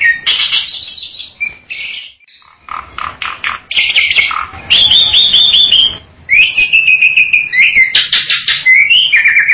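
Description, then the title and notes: Bird song with bright whistles, rapid trills and sweeping slurred notes, broken by a short quiet pause, then resuming in energetic bursts. "Bird Sound. Kicau Burung Lengkap"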